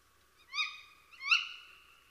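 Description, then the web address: Tawny owl producing two drawn-out, harsh notes, the second louder and rising, with nothing else audible. "chant xeno-canto chouette hulotte"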